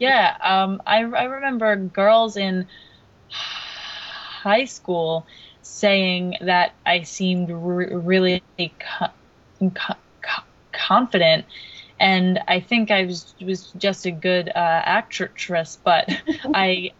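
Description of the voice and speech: A young woman speaks in conversation, repeating the initial k sound four times before getting out "confident," repeating "was," and stretching several sounds around tense pauses. These are the sound repetitions and prolongations of stuttering, a fluency disorder.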